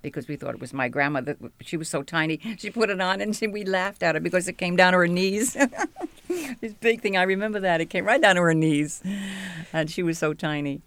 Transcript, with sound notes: Because we thought it was my grandmother, she was so tiny, she put it on and we laughed at her because it came down to her knees. ( she laughs ) This big thing, I remember that. It came right down to her knees, and she was so tiny.